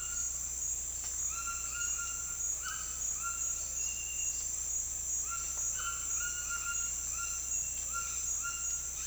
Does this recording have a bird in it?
yes